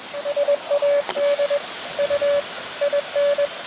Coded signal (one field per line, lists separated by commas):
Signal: Morse code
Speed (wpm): 21 wpm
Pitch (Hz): 570 Hz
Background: radio noise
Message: SAD U IN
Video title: Beach QRP Ham Radio CW QSO SUCCESS! ~ Long Wire QSO!